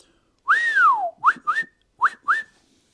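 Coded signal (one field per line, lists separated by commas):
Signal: whistle signal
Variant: Australian dogman crane whistle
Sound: one long swooping whistle followed by four short upward whistles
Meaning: Retract the telescopic boom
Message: 1 long, 4 short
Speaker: And then when we want to retract it, it's one long and four short.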